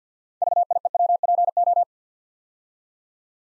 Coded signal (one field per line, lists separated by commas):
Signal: Morse code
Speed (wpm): 50 wpm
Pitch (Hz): 700 Hz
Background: none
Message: VIEWPO